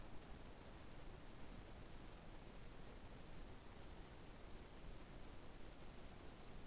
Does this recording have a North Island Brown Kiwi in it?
no